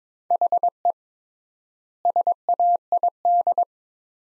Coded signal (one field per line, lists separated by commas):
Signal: Morse code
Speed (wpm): 22 wpm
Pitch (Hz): 700 Hz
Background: none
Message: HE SAID